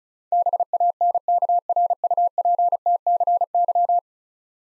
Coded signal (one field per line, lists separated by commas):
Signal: Morse code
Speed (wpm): 36 wpm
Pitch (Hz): 700 Hz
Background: none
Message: BANKRUPTCY